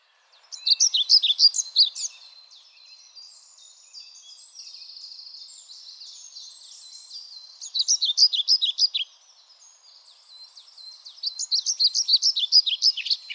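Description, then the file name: European pied flycatcher song, three lively bursts of high, jerky, rhythmic phrases, with fainter chattering in between. "GOBEMOUCHE NOIR"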